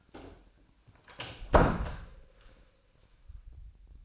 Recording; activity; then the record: daily activity, microphone in the room; close door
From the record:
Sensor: 2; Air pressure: 1009.1 hPa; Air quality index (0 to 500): 180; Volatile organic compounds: 2 ppm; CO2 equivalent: 1313 ppm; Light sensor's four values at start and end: 34/88/37/40 and 33/87/37/40